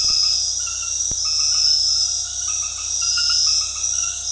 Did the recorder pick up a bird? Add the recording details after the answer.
no. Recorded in dense forest near Puerto Asís, Putumayo, Colombia, on 20 February 2024 at 21:30. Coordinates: 0.485, -76.322. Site G6406